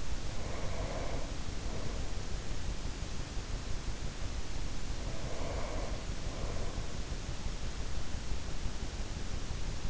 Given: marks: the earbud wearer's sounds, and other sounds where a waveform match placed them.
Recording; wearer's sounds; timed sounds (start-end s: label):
sounds in sleep by an in-ear microphone; breath
0.00-2.30 s: breath
4.90-7.04 s: breath